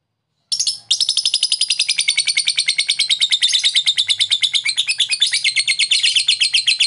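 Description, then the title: Lovebird launching into a long, unbroken, rapid chatter of high, harsh, buzzy notes that runs for several seconds without pause. Lovebird giving long 'ngetik ngekek' chatter; a master recording (masteran) for training other birds. "Love bird ngetik ngekek"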